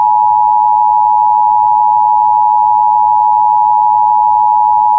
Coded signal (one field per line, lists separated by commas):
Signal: Emergency Alert System (SAME) tones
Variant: 853 and 960 Hz attention tone